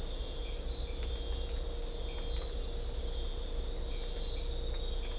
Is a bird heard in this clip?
no